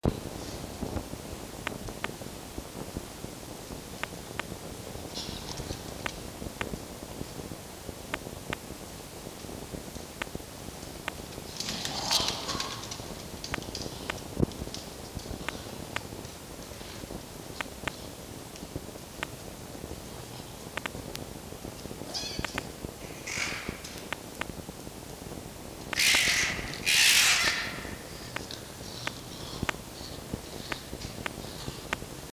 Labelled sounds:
Red Fox

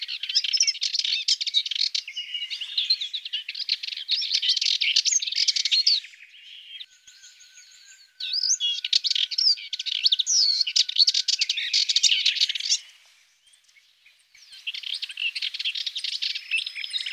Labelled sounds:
Subalpine Warbler song

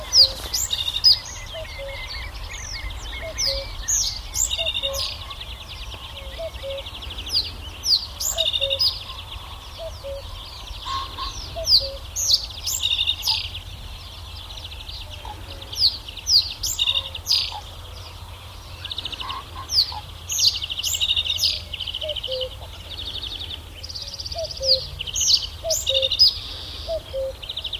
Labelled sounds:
Reed Bunting

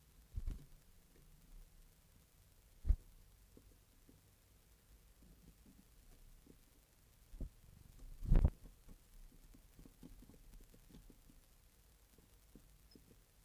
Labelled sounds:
Western Bonelli's Warbler begging call

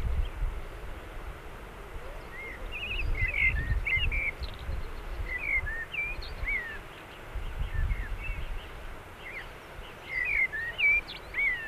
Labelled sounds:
Common Blackbird song

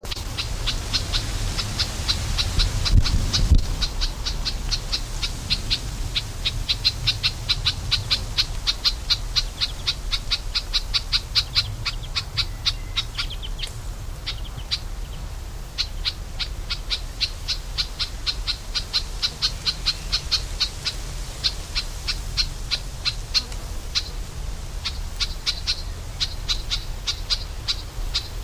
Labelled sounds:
Garden Warbler alarm call

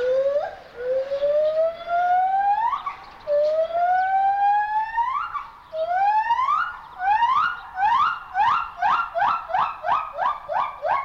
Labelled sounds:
Silvery Javan Gibbon

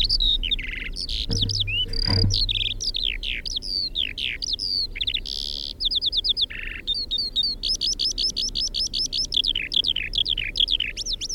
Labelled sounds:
Eurasian Skylark song

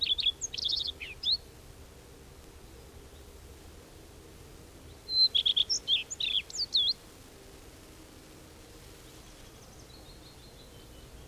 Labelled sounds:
Common Redstart song

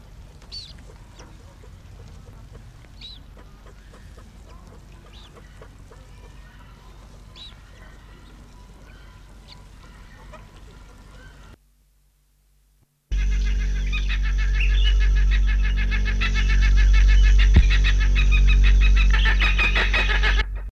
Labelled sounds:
African Sacred Ibis call

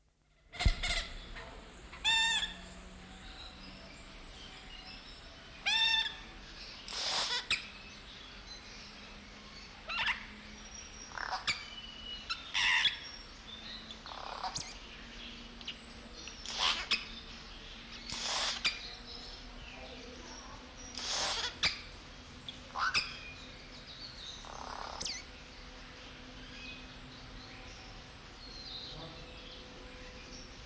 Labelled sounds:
Yellow-rumped Cacique

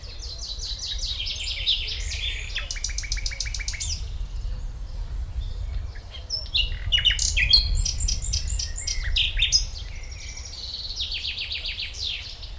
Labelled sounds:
Common Nightingale

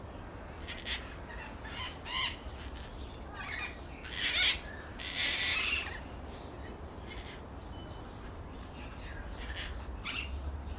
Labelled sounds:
Slender-billed Parakeet

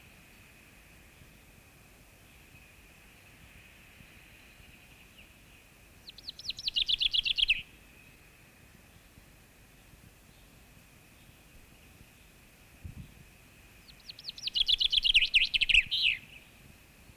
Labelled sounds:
Common Chaffinch song

